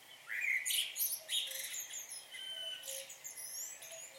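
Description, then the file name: Common blackbird calls: a quick run of sharp, high chirps and squeaky notes, then thin, high, drawn-out whistles. "Turdus merula"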